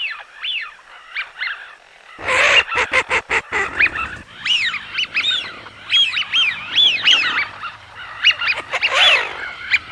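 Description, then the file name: Eurasian wigeons giving repeated whistled rise-and-fall calls, with a burst of harsh clattering noise early on. "FISCHIONE"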